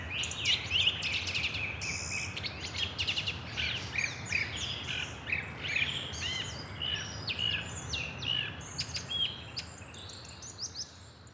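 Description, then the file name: Bird song, rapid high tweets, chips and short notes in quick succession, over a constant background hiss. "oiseaux"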